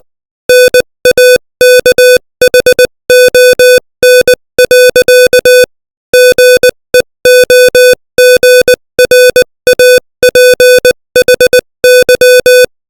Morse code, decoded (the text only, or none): NAKHON. GEOGRAPHY